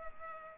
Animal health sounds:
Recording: mosquito wingbeat signal from an infrared sensor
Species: Culex pipiens

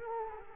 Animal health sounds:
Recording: mosquito wingbeat signal from an infrared sensor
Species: Culex quinquefasciatus

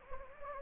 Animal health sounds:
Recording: mosquito wingbeat signal from an infrared sensor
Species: Anopheles gambiae

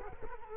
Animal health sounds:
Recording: mosquito wingbeat signal from an infrared sensor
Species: Culex quinquefasciatus

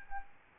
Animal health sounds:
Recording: mosquito wingbeat signal from an infrared sensor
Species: Aedes albopictus

